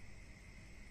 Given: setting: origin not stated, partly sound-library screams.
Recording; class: one-second piece from a danger detection set; normal situation